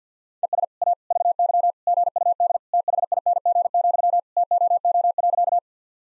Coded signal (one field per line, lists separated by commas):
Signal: Morse code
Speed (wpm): 50 wpm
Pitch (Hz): 700 Hz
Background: none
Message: ES A VY GUD THING, TOO.